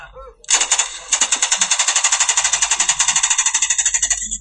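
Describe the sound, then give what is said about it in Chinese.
A sustained burst of rapid automatic fire from a World War II submachine gun with a drum magazine, evenly spaced sharp cracks rattling off at a steady clip for several seconds, loud and crisp with a mechanical, typewriter-like chatter. “所以嗱，冲锋枪就系呢、這个。二战咧就嗱，唱听听张声先。”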